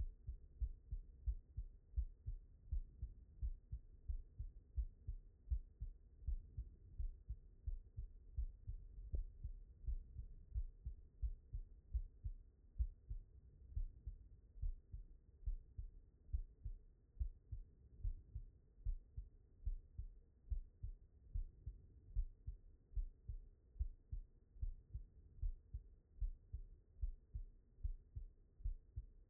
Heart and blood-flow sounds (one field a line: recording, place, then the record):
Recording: heart sounds by stethoscope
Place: pulmonary valve (PV)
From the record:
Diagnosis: non-HFrEF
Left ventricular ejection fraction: 67%